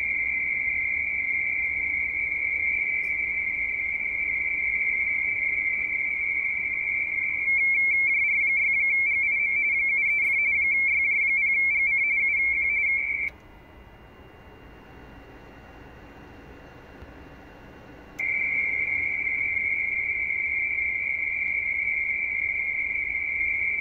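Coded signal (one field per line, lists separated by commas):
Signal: RTTY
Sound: steady warbling two-tone teleprinter chatter near 2 kHz, pausing about five seconds midway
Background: faint radio static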